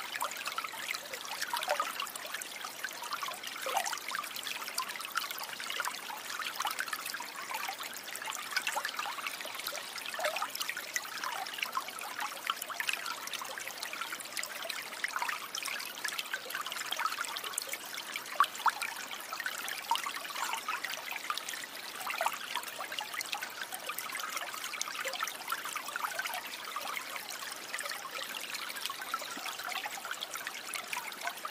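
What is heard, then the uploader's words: A creek trickles and splashes steadily over stones, a dense, bright babble with quick overlapping droplets and no low rumble. Creek Sounds.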